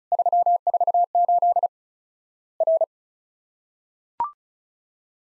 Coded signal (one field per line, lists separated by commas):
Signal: Morse code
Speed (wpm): 34 wpm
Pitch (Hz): 700 Hz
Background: none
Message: 348 R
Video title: Worked All Europe DX Contest QTC Exchange with Repeats 35wpm